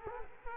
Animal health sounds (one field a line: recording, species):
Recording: mosquito wingbeat signal from an infrared sensor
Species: Culex quinquefasciatus